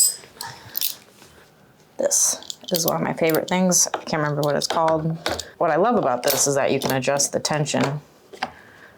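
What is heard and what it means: Adjustable locking pliers are handled while their tension is set, ahead of clamping them onto a nut while adding wheels to a V770 Pelican Vault case. Brief sharp handling taps occur at 0.4 s, 0.8 s and 8.4 s, and someone talks from about 2 s to 8 s. Nothing has snapped shut or seated yet.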